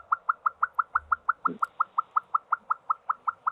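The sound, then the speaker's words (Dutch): A tapaculo calls in a fast, steady series of about twenty identical short notes, evenly spaced like a mechanical trill, with no speech. “Bizar geluid, hè? Ja. Ja, dit is een tapaculo.”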